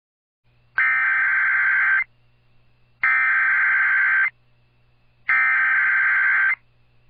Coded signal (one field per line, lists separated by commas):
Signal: Emergency Alert System (SAME) tones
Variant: header bursts